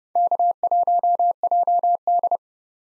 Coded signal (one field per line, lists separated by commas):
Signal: Morse code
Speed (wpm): 30 wpm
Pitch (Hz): 700 Hz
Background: none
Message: K1JD